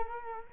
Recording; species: mosquito wingbeat signal from an infrared sensor; Culex quinquefasciatus